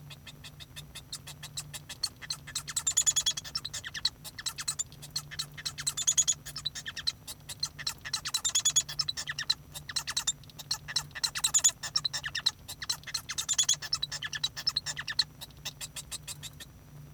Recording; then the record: song of a male Bengalese finch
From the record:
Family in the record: son of father 1